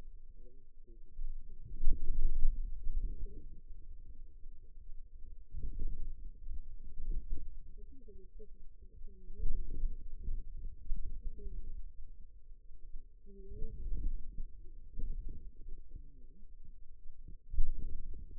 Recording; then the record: forearm muscle sounds (acoustic myography)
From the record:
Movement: outward rotation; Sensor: system 2, bracelet of six BSWA MPA416 microphones around the upper forearm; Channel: 3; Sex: female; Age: 21 years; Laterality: right